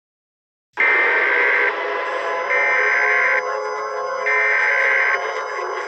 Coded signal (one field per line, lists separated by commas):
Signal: Emergency Alert System (SAME) tones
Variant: header bursts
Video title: EAS SCENARIO 34: Steve Cob's Revenge